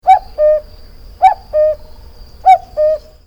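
Cuckoo call, a two-note falling hoot, cu-coo, repeated three times about every second and a quarter, each pair preceded by a sharp click.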